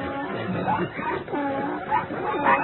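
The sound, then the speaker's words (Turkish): Several dogs bark and yip over one another in a steady, clamorous tangle, with higher whining cries rising now and then; they are the pig Napoleon's two large dogs, ordered to seize Snowball as Napoleon takes over the farm. “Köpek yoldaşlar yakalayın şu mendo burada muzu.”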